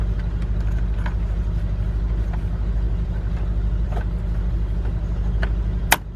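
A new ignition lock cylinder for a Saturn L300, set in the off position, is lined up and pushed into the steering column housing over a steady low rumble with a few faint ticks near 1.1 s and 5.4 s. A sharp, loud click at 5.9 s marks the cylinder snapping fully into place.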